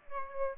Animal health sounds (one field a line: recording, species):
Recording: mosquito wingbeat signal from an infrared sensor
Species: Aedes aegypti